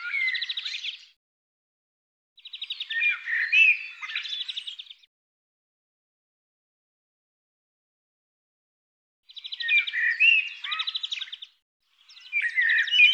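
Bird singing in separated bursts of rapid trills and sliding whistles, with long silent gaps between phrases.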